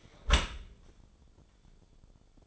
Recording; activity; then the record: daily activity, microphone in the room; close dishwasher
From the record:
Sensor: 5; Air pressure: 1015.0 hPa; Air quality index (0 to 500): 113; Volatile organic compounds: 2 ppm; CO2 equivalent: 1213 ppm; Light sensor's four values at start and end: 34/79/32/32 and 35/79/32/32